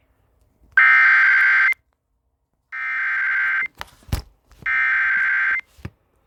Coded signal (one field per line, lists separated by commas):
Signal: Emergency Alert System (SAME) tones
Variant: header bursts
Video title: Eas svr in Honolulu hawaii Eas#410